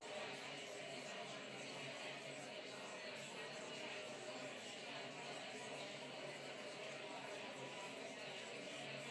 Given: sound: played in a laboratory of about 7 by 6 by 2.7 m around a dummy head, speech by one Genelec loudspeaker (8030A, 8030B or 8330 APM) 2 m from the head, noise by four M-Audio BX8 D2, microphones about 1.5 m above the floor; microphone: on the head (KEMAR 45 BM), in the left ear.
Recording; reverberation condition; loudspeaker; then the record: babble noise; medium; four, about 170 cm from the corners of the room and facing them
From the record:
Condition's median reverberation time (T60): about 510 ms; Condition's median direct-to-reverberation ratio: about -0.5 dB